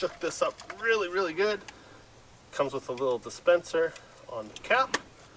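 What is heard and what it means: Someone talks while handling a plastic dispenser nozzle, taken from the cap, that is about to be pressed onto the top of an aerosol spray-foam can so it clicks on around the edges. No distinct click is heard, only speech and faint handling noise. Nothing has seated or clicked yet.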